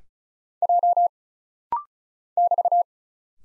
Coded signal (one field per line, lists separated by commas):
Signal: Morse code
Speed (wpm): 33 wpm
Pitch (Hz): 700 Hz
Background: none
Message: J <BT>